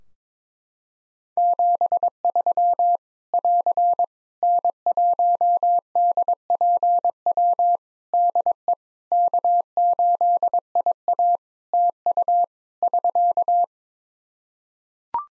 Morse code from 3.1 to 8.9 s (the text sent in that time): <AR> N1DPW DE